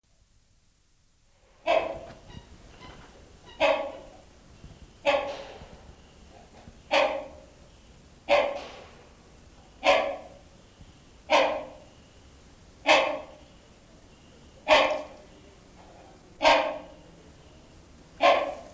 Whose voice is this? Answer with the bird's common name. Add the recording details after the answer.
Rhinoceros Hornbill. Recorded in captivity. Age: adult. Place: Zoo Berlin, Berlin, DE. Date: 1997-12-13 15:49. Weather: bedeckt, ca. 3-5°C. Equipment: Nagra SN, Kopie Uher 4000 Report Monitor. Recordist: Tembrock, Günter. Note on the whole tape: Rufreihe, Entfernung 8 m